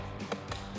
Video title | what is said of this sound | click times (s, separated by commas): Jeep Wrangler JL RedRock Flat Style Fender Flares with LED DRL Review & Install | Ils se glissent simplement dans les ouvertures à l'arrière de l'élargisseur d'aile et se clipsent en place comme ceci. | 0.3 s, 0.5 s